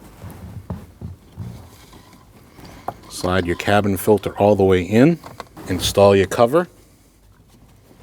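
On a 2012-2021 Nissan NV2500, a new cabin air filter is slid all the way into the filter housing behind the dash while the plastic cabin filter access cover is handled, with soft handling noises and sharp taps around 0.7 s and 2.9 s before someone talks. The cover has not clicked shut yet; its two latches have not snapped home and nothing has seated.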